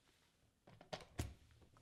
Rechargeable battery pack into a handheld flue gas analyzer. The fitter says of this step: to insert a new battery i slide the battery into the guide rail until it clicks into place